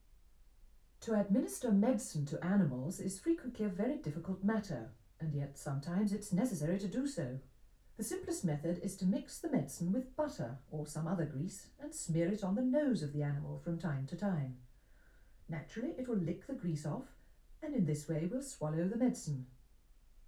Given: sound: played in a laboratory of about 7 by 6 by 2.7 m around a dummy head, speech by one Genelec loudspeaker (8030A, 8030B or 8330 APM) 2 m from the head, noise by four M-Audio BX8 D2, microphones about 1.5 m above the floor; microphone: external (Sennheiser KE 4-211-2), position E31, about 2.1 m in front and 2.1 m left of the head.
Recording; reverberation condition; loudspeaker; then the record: female speech in English; low; 120 degrees to the left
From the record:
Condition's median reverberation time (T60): about 310 ms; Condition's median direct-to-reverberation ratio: about 3.5 dB